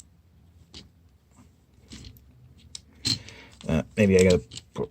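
A plastic panel of a Transformers Crossover Back to the Future Gigawatt figure is being forced toward its slot during transformation because it feels tighter than it should. Soft plastic handling taps and small clicks are heard while someone talks. Nothing has seated or clicked into place yet.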